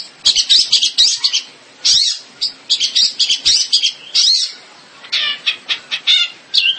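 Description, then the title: Long-tailed shrike song of rapid harsh chattering notes in quick bursts, broken by brief pauses, high-pitched and scratchy throughout. "Kicau Burung Pentet"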